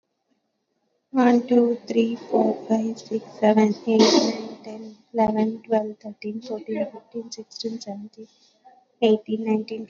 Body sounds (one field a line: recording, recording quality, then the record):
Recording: counting at a normal pace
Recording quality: excellent, no background noise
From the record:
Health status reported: exposed to COVID-19, no respiratory illness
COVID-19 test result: negative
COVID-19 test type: RT-PCR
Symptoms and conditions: cough, cold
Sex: female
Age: 35 years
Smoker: no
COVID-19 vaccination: both doses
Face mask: worn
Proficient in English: yes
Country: India